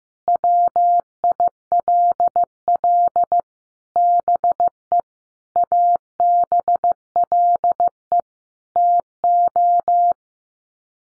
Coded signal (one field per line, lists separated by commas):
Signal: Morse code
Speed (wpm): 15 wpm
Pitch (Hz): 700 Hz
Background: none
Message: WILL BE ABLE TO